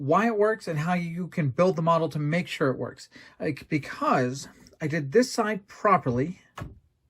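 A properly built plastic pylon hinge in a USS Voyager model spaceship hull is handled while someone talks throughout. Nothing has seated or clicked into either of its two detent positions yet.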